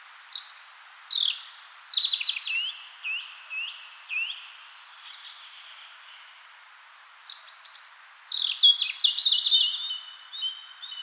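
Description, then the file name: European robin song: a burst of high, thin, tumbling notes with slurred downward whistles, a pause of about two seconds, then another rapid, sparkling phrase. "Erithacus rubecula"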